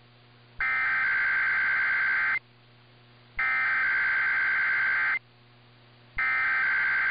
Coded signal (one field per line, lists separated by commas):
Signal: Emergency Alert System (SAME) tones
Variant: header bursts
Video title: [EAS #2035] KCBS Required Weekly Test